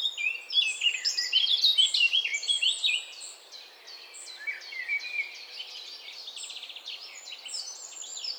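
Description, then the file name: Eurasian blackcap with a lively, scratchy warble of quick varied notes over the first three seconds, then softer twittering. "Sylvia atricapilla"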